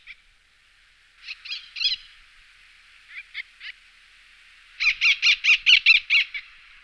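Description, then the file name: Eleonora's falcon grating calls: scattered short groups of notes, then a fast, evenly spaced series of about eight harsh notes. "Ostriz jizni Falco eleonorae"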